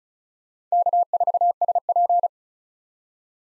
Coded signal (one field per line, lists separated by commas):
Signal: Morse code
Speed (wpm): 36 wpm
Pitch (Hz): 700 Hz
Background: none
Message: K4SP